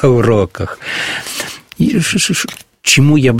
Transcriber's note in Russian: смеется